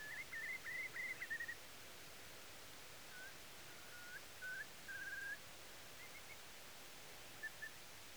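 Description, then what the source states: Whimbrel song, a run of clear whistled notes, then brief scattered whistles, over steady hiss. Song, 26 April 2023.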